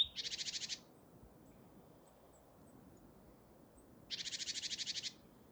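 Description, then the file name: Great tit churring: two rapid rattling buzzy bursts of several pulses each, separated by about three seconds of quiet. "Parus major"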